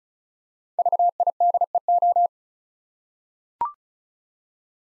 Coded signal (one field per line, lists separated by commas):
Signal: Morse code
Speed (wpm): 36 wpm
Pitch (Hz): 700 Hz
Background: none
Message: VIDEO